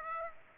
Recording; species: mosquito wingbeat signal from an infrared sensor; Aedes aegypti